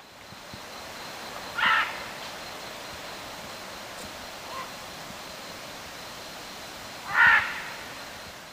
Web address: Natures Songs S America Eastern Lowlands Ara chloropterus, flight calls